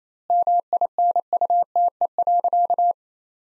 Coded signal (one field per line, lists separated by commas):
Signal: Morse code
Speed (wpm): 27 wpm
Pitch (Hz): 700 Hz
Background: none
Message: MINUTE.